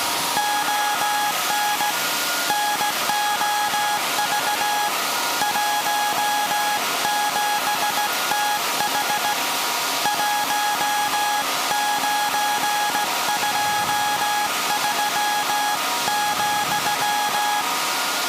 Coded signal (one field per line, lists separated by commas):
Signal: Morse code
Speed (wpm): 17 wpm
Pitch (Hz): 830 Hz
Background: music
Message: ON NOV 17TH 1923,